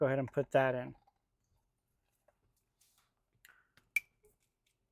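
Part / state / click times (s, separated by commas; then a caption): blue harness cable connector into decoder module port / seated / 4.0 s. A blue harness cable plug is pushed into the port of a decoder module. Someone talks briefly at the start, then after quiet handling ticks the connector clicks sharply into place at 4.0 seconds, seated.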